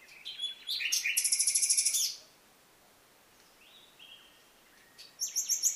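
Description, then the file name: Common nightingale song, a fast rattling series of pulsed high notes, a pause, a soft whistled note, then another rapid pulsed burst. "Luscinia megarhynchos"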